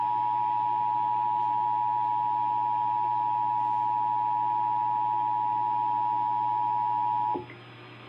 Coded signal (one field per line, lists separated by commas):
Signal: Emergency Alert System (SAME) tones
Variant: 853 and 960 Hz attention tone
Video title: EAS #67 - National Periodic Test 2021 on Radio, Phone and TV!